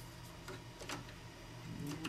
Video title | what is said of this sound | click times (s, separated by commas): Donny Does Upgrades - Battery Backed Write Cache and Fan Kit | should snap in place like yay. | 2.0 s